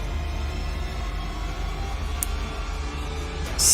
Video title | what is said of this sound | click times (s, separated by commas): Live Snap Build: The Legion of Thor | all right so this sits down here snaps in place yes | 2.2 s